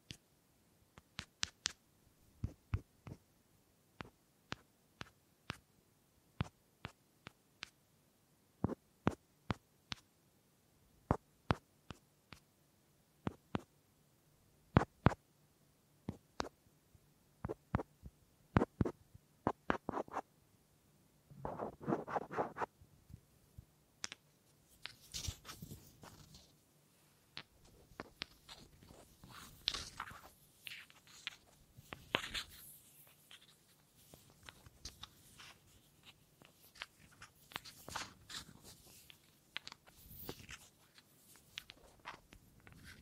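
Wooden tapping and knocking: sharp, separate taps spaced a second or so apart through the first twenty seconds, then a short rubbing burst around twenty-two seconds. After twenty-five seconds the sounds turn busier and brighter, with continuous scratching and rustling mixed with quicker taps.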